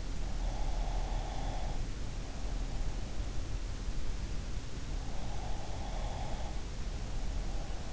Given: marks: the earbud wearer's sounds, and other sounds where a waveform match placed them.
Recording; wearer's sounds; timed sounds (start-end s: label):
sounds in sleep by an in-ear microphone; breath
0.53-3.30 s: breath
5.25-7.93 s: breath